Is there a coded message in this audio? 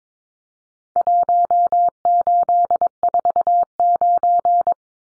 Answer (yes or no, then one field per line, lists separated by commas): yes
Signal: Morse code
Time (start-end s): 1.0-4.7 s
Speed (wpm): 22 wpm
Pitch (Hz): 700 Hz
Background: none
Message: 1849